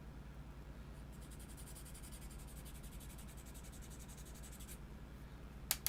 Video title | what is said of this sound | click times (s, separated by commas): Child of Mecha Live Stream Early Episode - 04/24/20 - GBWC 2020 | Yeah, and see, boom, that just pops right in there, | 5.7 s, 5.9 s